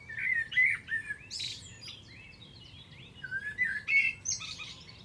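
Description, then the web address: Bird song mixing slurred whistles with harsh buzzy notes, delivered in a busy stream with brief gaps, over a low background hum. "Deverinetal. Bird Only"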